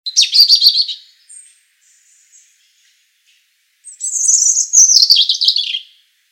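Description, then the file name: European robin singing a high, tinkling phrase, then after a pause a longer sweet warble that slides downward at its end. "Erithacus rubecula"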